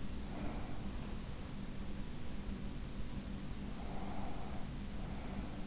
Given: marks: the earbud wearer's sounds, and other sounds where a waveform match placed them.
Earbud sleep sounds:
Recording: sounds in sleep by an in-ear microphone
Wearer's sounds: breath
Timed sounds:
0.18-1.09 s: breath
3.49-5.66 s: breath

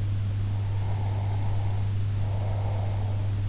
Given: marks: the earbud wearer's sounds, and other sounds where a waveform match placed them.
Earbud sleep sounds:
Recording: sounds in sleep by an in-ear microphone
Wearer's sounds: breath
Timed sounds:
0.65-3.36 s: breath

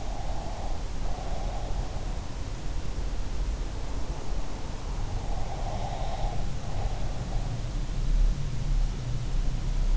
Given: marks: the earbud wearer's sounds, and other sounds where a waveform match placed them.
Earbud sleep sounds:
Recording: sounds in sleep by an in-ear microphone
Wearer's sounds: breath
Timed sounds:
0.00-2.00 s: breath
5.10-7.24 s: breath

